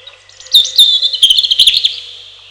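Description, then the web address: European robin song phrase starting with a couple of clear high whistles and running into a fast sparkling trill, over a second long. "relax birds малиновка"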